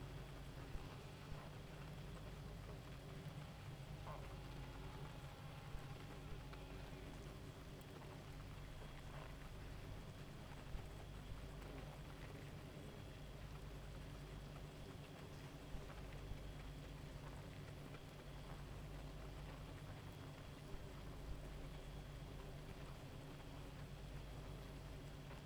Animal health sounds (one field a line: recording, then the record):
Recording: honeybee colony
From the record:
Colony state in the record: active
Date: 28 July 2017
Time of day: 1:43